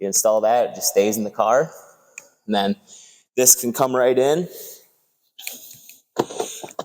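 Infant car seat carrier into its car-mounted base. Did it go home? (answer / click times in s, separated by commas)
yes / 6.8 s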